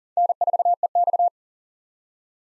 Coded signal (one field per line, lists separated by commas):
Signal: Morse code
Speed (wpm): 40 wpm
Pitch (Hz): 700 Hz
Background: none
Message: N4EX